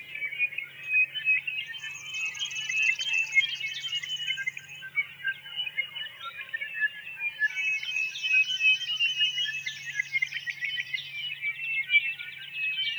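Tawny-crowned Honeyeater chatter, continuous twittering notes with two bursts of thin, higher-pitched trills, over a low steady hum.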